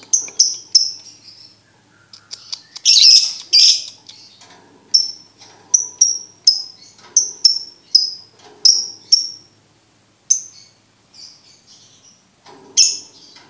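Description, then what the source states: Lovebird song: a run of shrill chirps broken by a harsh, scratchy squawk, then resuming in a steady series before a final rasping note. For birds to learn the ngekek song style.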